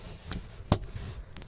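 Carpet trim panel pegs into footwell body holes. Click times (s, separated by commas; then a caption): 0.7 s. On a 2022 Tesla Model Y, being reassembled after a cabin air filter replacement, the plastic leg-side carpet trim panel is pushed back into place so its pegs snap into the holes around the footwell. A sharp snap at 0.7 s stands out above faint ticks and handling noise. The panel is seated.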